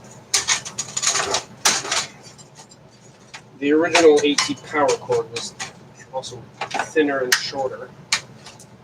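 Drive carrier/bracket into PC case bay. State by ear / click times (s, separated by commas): seated / 8.1 s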